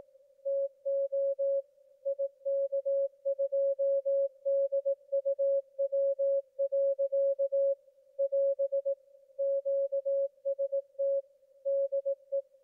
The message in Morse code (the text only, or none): TO IK2DUW. <AS> QST DE